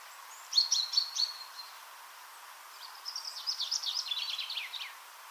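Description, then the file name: Common chaffinch song: a few sharp high notes, then a pause and a rattling phrase of quick notes lasting about two seconds, with faint background hiss. "Fringilla coelebs"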